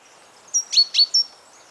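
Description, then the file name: Great tit, a quick series of four sharp high notes within under a second against faint background hiss. "Parus major"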